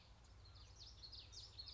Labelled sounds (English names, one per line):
Common Yellowthroat